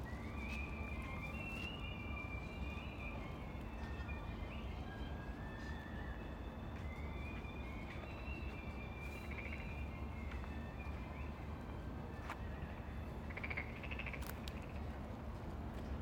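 A midsummer frog chorus hums steadily over a dense low rumble, with a constant drone, high wavering calls, and occasional brief clicks.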